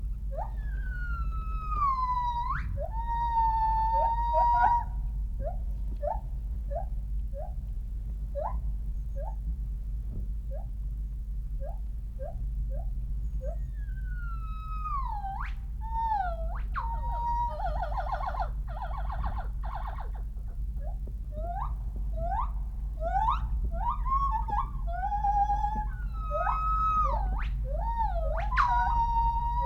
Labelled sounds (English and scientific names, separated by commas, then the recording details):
Northern White-cheeked Gibbon (Nomascus leucogenys)
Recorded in captivity
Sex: diverse
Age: adult
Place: Tierpark Berlin, Berlin, DE
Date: 1980-10-11
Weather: sonnig, windstill, 5 - 8°C
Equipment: Nagra SN, Kopie Uher 4200
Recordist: Tembrock, Günter